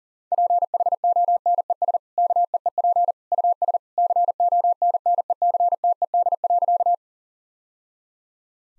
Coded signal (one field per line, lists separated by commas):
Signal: Morse code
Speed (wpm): 40 wpm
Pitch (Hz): 700 Hz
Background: none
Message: PHONES KEEP US CONNECTED.